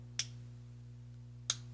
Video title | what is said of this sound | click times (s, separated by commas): Transformers Legacy Velocitron Speedia 500 Collection Galaxy Shuttle Transformation Guide! (Train) | so go ahead and click those into place | 0.2 s, 1.5 s